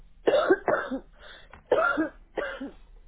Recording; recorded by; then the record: voluntary cough; telephone call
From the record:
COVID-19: positive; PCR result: checked with the laboratory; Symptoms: no